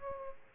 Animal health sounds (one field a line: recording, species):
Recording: mosquito wingbeat signal from an infrared sensor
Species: Aedes aegypti